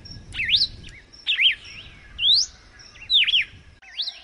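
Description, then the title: Red-cowled cardinal song of clear whistled notes, alternating downward swoops and upslurs in quick phrases about once a second, over a quiet continuous background tone. Female; "açoite escorrido" song type; recorded in nature. "Canto Galo Campina Fêmea. Galo de Campina açoite escorrido na natureza"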